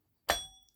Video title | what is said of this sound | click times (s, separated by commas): Average Joe fix for Bowflex® Selecttech® 552/1090 Dumbbells. Ready for Primetime! | hear it click into place again | 0.3 s